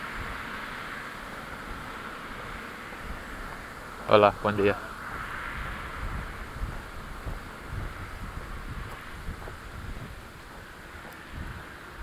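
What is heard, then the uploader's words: Outdoors on an overpass, a steady wash of wind and traffic continues throughout, broken near four seconds by two sharp, echoing stick knocks. Walking (Sticks) the Villalba Overpass. In Situ Season 1 episodes are 5 minutes of ambient sound recorded along del Norte, the northern coastal route of the Camino de Santiago network of pilgrimage paths converging in Spain. These tiny meditations are made with binaural microphones, creating an immersive hyper-realistic listening experience.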